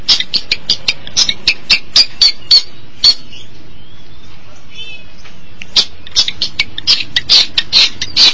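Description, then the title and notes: Long-tailed Shrike song: rapid dry clicking and rasping notes, a brief pause with soft whistles, then more quick harsh chatter. Recorded March 2017. "Pentet 201703. Suara burung pentet"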